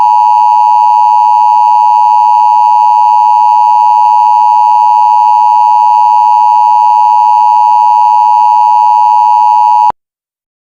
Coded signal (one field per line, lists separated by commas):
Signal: Emergency Alert System (SAME) tones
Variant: 853 and 960 Hz attention tone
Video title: (OLD) EAS (Mini) scenario: I'm cold...